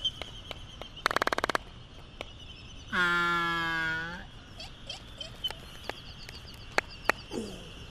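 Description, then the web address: Laysan albatross moan, a steady low nasal groan lasting just over a second, preceded by a quick run of clicks, with scattered clacks afterward. "wroblowe ptaki phoebastria immutabilis"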